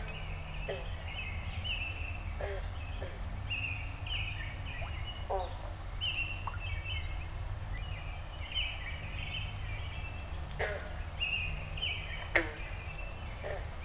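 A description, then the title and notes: Dawn in a backyard: repeated bright bird chirps over a steady low rumble, with sharp clicks every few seconds, loudest near twelve seconds. Dawn Recording in My Backyard. As always, the Zoom F6 and Audio Technica BP 4025 microphone performed flawlessly. I am very fortunate to live on a small inland lake in northern Michigan.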